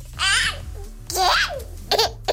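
A baby laughs and babbles in three high-pitched, squealing bursts, the last one short and choppy, over a steady low hum in the background.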